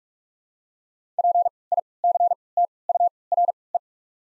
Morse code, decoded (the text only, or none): P I C T U R E